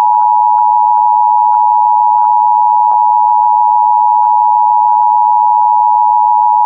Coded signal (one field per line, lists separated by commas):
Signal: Emergency Alert System (SAME) tones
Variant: 853 and 960 Hz attention tone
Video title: Severe Thunderstorm Warning (EAS #641)